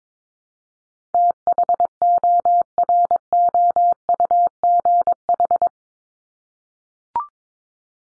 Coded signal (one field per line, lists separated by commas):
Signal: Morse code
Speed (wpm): 22 wpm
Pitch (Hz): 700 Hz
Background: none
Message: THOROUGH